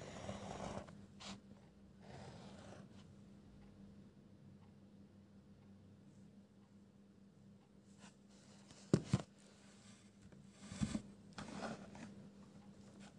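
Pencil scribbles come in short scratchy bursts near the start, around two to three seconds, and again toward the end, with quieter stretches between. A sharp rustle or tap stands out near nine seconds. A low steady hum runs underneath throughout.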